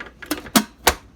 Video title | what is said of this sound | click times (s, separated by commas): WESTWE Stand Mixer Blender 660W/6-Speed Review & Test - Best Electric Stand Mixer with 7-QT | there we go so it's all snapped into place now here's your power button | 0.6 s, 0.9 s